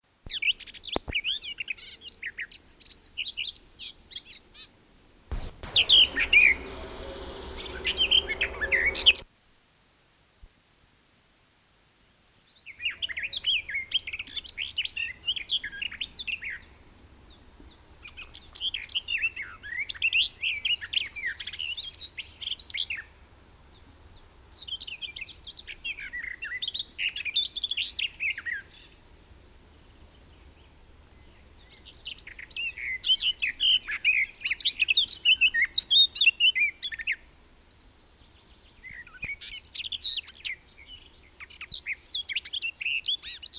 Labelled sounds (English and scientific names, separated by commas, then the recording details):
Garden Warbler (Sylvia borin) song
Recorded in the wild
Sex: male
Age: adult
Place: Erlangen, Bayern, DE
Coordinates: 49.6086, 10.9697
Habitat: forest
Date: 1963-05-29
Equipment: Nagra, AKG D19/200, Parabol, Original, Vollspur
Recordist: Tretzel, Erwin
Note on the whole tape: Gartengrasmücke (Mönchsgrasmücke-Imitation), Waldgebiet Mönau